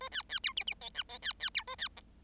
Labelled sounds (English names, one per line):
Bengalese Finch song